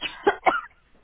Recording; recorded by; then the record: voluntary cough; telephone call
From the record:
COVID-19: negative